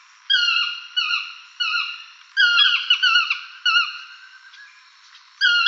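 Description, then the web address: Yellow-throated Toucan giving repeated falling, yelping harmonic notes in short series, with a pause before the calls resume at the end. "chant xeno-canto toucan tocard"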